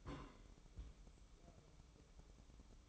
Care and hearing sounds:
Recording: daily activity, microphone in the room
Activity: place on stove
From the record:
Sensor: 1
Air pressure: 1008.1 hPa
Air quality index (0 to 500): 136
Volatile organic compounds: 2 ppm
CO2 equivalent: 1147 ppm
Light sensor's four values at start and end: 8/18/7/7 and 8/18/7/7

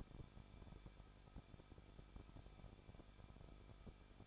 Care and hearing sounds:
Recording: daily activity, microphone in the room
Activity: no activity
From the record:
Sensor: 5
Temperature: 20.8 degrees Celsius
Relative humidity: 38.3%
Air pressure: 1006.4 hPa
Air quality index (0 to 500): 189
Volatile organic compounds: 19 ppm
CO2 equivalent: 2654 ppm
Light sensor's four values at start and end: 2/3/1/1 and 2/3/1/1

